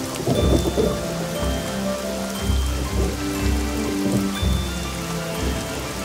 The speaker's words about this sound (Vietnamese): Những giọt mưa rơi thẳng xuống nền đất. Hàng ngàn giọt nước hợp thành màn mưa trắng xóa.